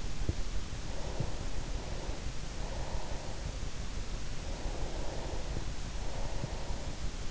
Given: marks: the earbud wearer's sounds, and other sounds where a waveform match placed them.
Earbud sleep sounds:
sounds in sleep by an in-ear microphone; breath
0.95-3.54 s: breath
4.59-7.31 s: breath

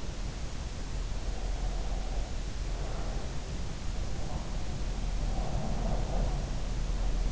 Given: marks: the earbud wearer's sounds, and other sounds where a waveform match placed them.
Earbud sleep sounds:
sounds in sleep by an in-ear microphone; breath
0.88-7.31 s: breath

